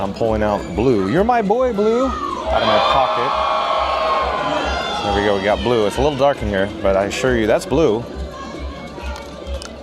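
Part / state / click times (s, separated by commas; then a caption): camera battery into battery plate / not seated / none. A camera battery is taken out of a pocket and handled toward a battery plate while someone talks over background music and crowd noise. The battery has not clicked or seated onto the plate yet.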